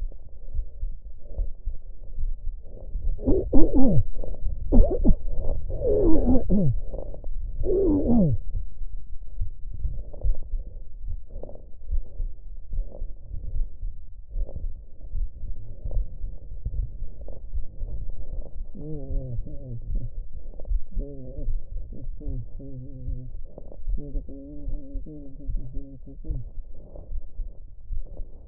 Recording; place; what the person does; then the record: lung sounds by stethoscope; right posterior basal chest; quiet breathing, then cough and speech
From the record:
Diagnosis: interstitial lung disease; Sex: male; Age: 72 years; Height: 167 cm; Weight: 74 kg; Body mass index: 26.5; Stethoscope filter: extended mode